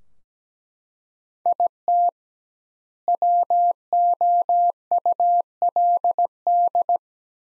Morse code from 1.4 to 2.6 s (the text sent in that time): IT